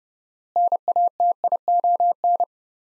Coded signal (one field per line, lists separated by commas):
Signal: Morse code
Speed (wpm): 30 wpm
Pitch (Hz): 700 Hz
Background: none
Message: NATION